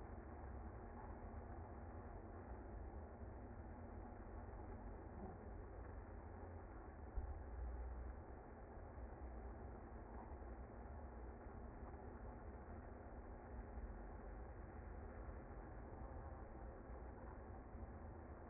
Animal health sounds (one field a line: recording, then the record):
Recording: honeybee colony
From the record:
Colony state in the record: active